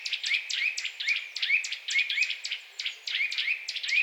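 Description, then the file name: Eurasian nuthatch calls: a rapid, steady series of sharp piping notes, several per second. "Sitta europaea"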